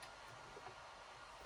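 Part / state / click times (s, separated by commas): charging handle into shotgun bolt / not seated / none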